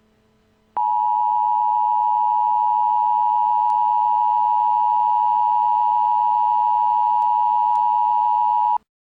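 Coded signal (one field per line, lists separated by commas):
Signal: Emergency Alert System (SAME) tones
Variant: 853 and 960 Hz attention tone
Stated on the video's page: Entirely fictional alert scenario that would not happen in real life.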